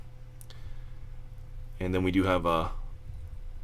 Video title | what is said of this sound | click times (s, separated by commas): GenerationToy MixerTruck Review (MixMaster) | know simple sculpting on there silver tip which slides and clicks into place and then | 0.4 s, 0.5 s